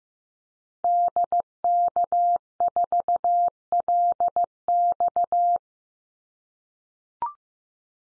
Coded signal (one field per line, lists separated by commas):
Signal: Morse code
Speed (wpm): 15 wpm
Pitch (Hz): 700 Hz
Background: none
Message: DK4LX